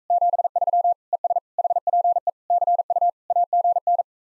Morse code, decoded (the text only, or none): 73 ES HPE CU AGN